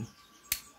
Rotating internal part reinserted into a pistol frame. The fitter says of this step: ahí ya cuando se siente que hace clic y entro ahí quedó lista